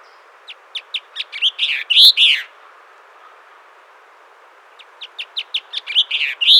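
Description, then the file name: Blue chaffinch song: two phrases of sharp, repeated notes that quicken and end in a louder flourish, separated by about two seconds of quiet. "Pinzon Azul"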